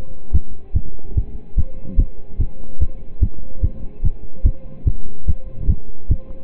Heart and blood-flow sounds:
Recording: heart sounds by stethoscope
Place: between the tricuspid and mitral areas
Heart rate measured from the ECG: 146 bpm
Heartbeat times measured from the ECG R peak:
0.33 s: heartbeat
0.75 s: heartbeat
1.16 s: heartbeat
1.57 s: heartbeat
1.98 s: heartbeat
2.39 s: heartbeat
2.80 s: heartbeat
3.22 s: heartbeat
3.63 s: heartbeat
4.04 s: heartbeat
4.45 s: heartbeat
4.86 s: heartbeat
5.27 s: heartbeat
5.69 s: heartbeat
6.10 s: heartbeat
From the record:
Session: pedaling a stationary bicycle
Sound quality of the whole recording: partially saturated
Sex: male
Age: 27 years

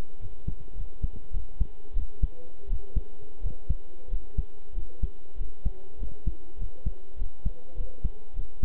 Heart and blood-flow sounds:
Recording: heart sounds by stethoscope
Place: between the tricuspid and mitral areas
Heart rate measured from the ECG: 96 bpm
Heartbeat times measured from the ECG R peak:
0.19 s: heartbeat
0.75 s: heartbeat
1.32 s: heartbeat
1.94 s: heartbeat
2.68 s: heartbeat
3.41 s: heartbeat
4.08 s: heartbeat
4.73 s: heartbeat
5.36 s: heartbeat
5.98 s: heartbeat
6.57 s: heartbeat
7.17 s: heartbeat
7.75 s: heartbeat
8.34 s: heartbeat
From the record:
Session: pedaling a stationary bicycle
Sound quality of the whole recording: good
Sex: male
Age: 23 years

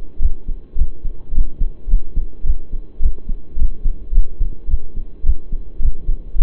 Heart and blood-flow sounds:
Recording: heart sounds by stethoscope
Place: between the tricuspid and mitral areas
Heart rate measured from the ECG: 107 bpm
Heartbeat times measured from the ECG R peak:
0.20 s: heartbeat
0.76 s: heartbeat
1.33 s: heartbeat
1.88 s: heartbeat
2.44 s: heartbeat
3.00 s: heartbeat
3.57 s: heartbeat
4.12 s: heartbeat
4.68 s: heartbeat
5.24 s: heartbeat
5.80 s: heartbeat
6.36 s: heartbeat
From the record:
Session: pedaling a stationary bicycle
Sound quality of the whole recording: saturated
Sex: male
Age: 23 years

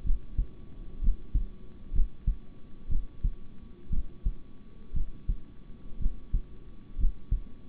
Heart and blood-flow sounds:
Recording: heart sounds by stethoscope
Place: between the tricuspid and mitral areas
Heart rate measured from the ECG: 61 bpm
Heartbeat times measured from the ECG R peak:
0.03 s: heartbeat
1.00 s: heartbeat
1.92 s: heartbeat
2.88 s: heartbeat
3.90 s: heartbeat
4.93 s: heartbeat
5.98 s: heartbeat
6.97 s: heartbeat
From the record:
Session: rest, sitting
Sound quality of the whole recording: good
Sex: male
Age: 26 years

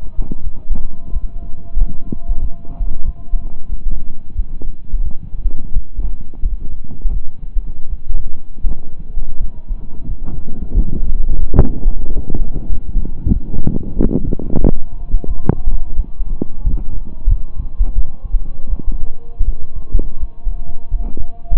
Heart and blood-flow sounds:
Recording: heart sounds by stethoscope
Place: between the tricuspid and mitral areas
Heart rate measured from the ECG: 88 bpm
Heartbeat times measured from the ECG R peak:
0.41 s: heartbeat
1.10 s: heartbeat
1.76 s: heartbeat
2.39 s: heartbeat
3.03 s: heartbeat
3.67 s: heartbeat
4.33 s: heartbeat
5.01 s: heartbeat
5.71 s: heartbeat
6.40 s: heartbeat
7.10 s: heartbeat
7.87 s: heartbeat
8.66 s: heartbeat
9.38 s: heartbeat
10.06 s: heartbeat
10.72 s: heartbeat
11.37 s: heartbeat
12.02 s: heartbeat
12.67 s: heartbeat
13.31 s: heartbeat
13.94 s: heartbeat
14.59 s: heartbeat
15.25 s: heartbeat
15.94 s: heartbeat
16.62 s: heartbeat
17.27 s: heartbeat
17.93 s: heartbeat
18.67 s: heartbeat
19.43 s: heartbeat
20.18 s: heartbeat
20.88 s: heartbeat
21.55 s: heartbeat
From the record:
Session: slow and fast walking with breaks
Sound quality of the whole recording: saturated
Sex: male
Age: 25 years

